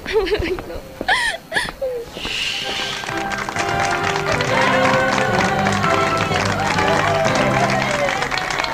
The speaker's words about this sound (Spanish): Muchas gracias por los aplausos.